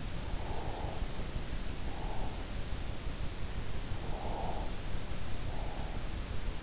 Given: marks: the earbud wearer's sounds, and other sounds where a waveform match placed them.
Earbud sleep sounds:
sounds in sleep by an in-ear microphone; breath
0.47-2.41 s: breath
4.22-5.83 s: breath

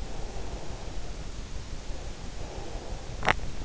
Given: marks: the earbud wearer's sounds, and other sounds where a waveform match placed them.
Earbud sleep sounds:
sounds in sleep by an in-ear microphone; breath, swallowing
0.00-3.18 s: breath
3.18-3.57 s: swallowing

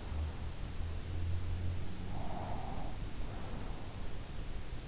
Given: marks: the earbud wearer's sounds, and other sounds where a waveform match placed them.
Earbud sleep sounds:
sounds in sleep by an in-ear microphone; breath
1.88-4.00 s: breath

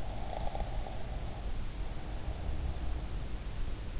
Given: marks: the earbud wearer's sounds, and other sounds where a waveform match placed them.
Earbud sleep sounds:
sounds in sleep by an in-ear microphone; snoring breath
0.00-3.17 s: snoring breath

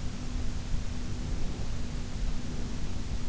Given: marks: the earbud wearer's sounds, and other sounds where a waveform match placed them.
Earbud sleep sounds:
sounds in sleep by an in-ear microphone; breath
0.47-3.21 s: breath

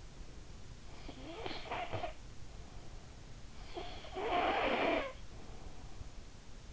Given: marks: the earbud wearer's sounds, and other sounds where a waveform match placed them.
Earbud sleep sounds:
sounds in sleep by an in-ear microphone; snoring breath
0.87-2.54 s: snoring breath
3.49-5.68 s: snoring breath

